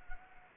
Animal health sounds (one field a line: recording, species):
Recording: mosquito wingbeat signal from an infrared sensor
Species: Anopheles gambiae